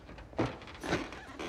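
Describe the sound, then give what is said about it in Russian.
A dull car door thunk lands early as someone gets into a car, followed by a second muffled knock and faint rustling, all fairly quiet with no voices. “Залезает в бут местный автомобиль.”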